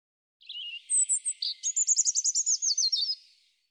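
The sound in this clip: European robin song, a high thin whistle followed by a rapid trill of repeated sharp notes, about three seconds long.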